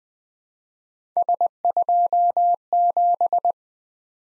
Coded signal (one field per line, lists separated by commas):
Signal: Morse code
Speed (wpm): 20 wpm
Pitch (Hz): 700 Hz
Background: none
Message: S27